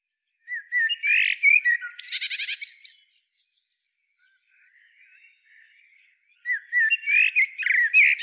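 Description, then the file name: Eurasian blackbird song, a rich warbled phrase ending in high squeaky twitters, soft faint notes in the pause, then a second phrase begins. "Turdus merula"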